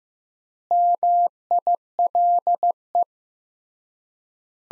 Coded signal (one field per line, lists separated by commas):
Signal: Morse code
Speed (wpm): 15 wpm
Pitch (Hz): 700 Hz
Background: none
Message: MILE